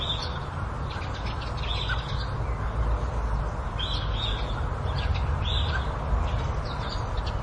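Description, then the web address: Birds chirping: short bright chirps come in scattered bursts over a steady low rumble of background noise. Suburban setting; agitated birds flapping. "suburban ambience with agitated birds flapping and chirping"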